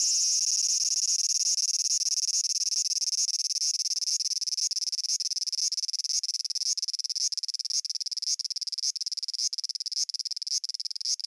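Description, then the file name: Large brown cicada song, a steady high sizzling drone with faint rapid pulsing that grows more clipped and choppy toward the end. "aburazemi cry"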